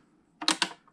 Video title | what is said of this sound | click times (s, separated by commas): Ryzen 3950x OPENCORE 0.5.8 Hackintosh BEAST! - 2020 | see how it locks into place perfect so | 0.5 s